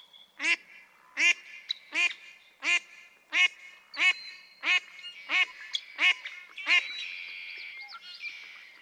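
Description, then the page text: Mallard quacking steadily: around ten raspy, nasal quacks roughly every two-thirds of a second, then a hissy rustle at the end. Female quacking persistently for minutes on end; March 18, 2017, Harmony Headlands State Park, Cayucos, California. "Birdsong for the Curious Naturalist. Mallard"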